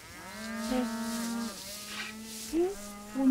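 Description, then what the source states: Cattle (calf): long, steady low moos, one with a rising bawl near its end, and a louder call starting at the close. Three escaped calves being driven back from the neighbouring pasture.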